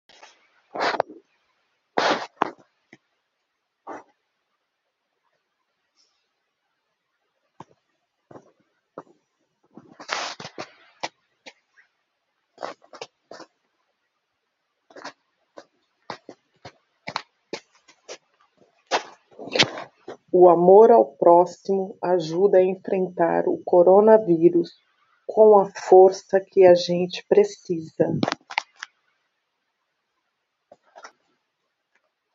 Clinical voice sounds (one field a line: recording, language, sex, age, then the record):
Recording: spoken sentence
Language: Brazilian Portuguese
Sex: female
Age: 40 to 49 years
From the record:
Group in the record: control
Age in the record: 47 years